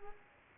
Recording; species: mosquito wingbeat signal from an infrared sensor; Culex quinquefasciatus